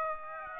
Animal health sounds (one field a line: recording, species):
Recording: mosquito wingbeat signal from an infrared sensor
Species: Aedes aegypti